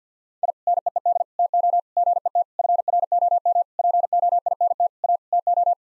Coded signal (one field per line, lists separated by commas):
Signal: Morse code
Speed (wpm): 50 wpm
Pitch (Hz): 700 Hz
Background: none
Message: I NEED TO GET FROM POINT A TO